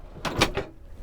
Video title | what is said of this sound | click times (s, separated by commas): Complete guide to the “Arctic Train” Vy Nattåg | Push it back up and it snaps into place. | 0.4 s